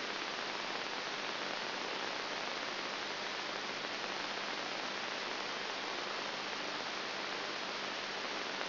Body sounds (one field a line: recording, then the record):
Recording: brain microelectrode recording played as sound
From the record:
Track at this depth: outside the subthalamic nucleus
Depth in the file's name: 0.905 mm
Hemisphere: left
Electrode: 3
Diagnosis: Parkinson's disease